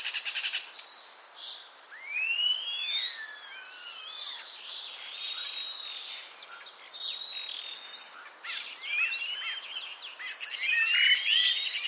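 Common starling whistles, loud slurred rising and falling notes early on, followed by scratchy chatter and a burst of tangled twittering.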